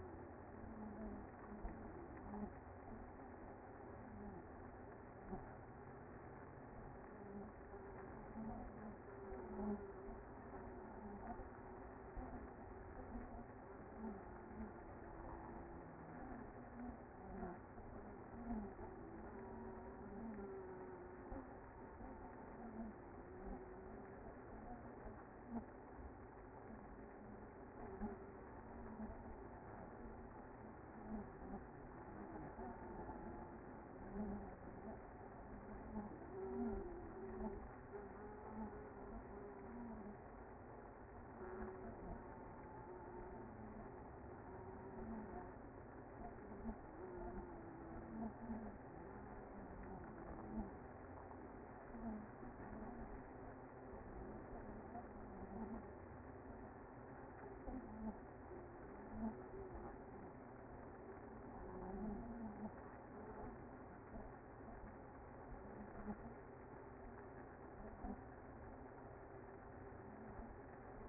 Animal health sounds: honeybee colony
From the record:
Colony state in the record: active

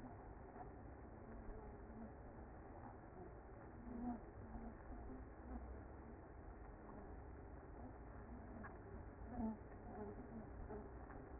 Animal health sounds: honeybee colony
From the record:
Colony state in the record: active

